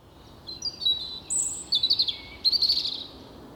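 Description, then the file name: European robin song: a short run of thin, high, varied notes, some sliding and trilled, delivered in quick bursts with a faint background hiss. "Erithacus rubecula"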